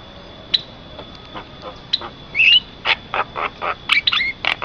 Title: Jalak Kebo Master Suara Super Berisik Buat Masteran